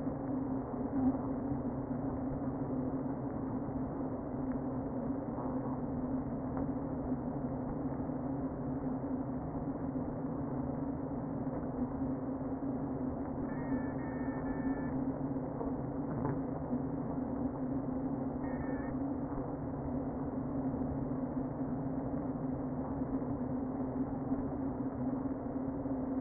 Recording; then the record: honeybee colony, microphone inside the hive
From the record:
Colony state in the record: queen present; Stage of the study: before two queens were removed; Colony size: about 60,000 bees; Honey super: yes